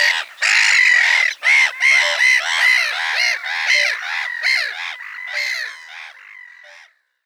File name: Mouette rieuse